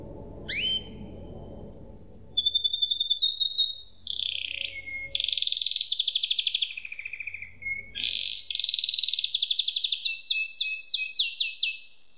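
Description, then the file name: Canary song, continuous and varied: sweeping notes, buzzy rolls and rapid rattling trills in long runs, with some low background noise at times. "suara kenari makige"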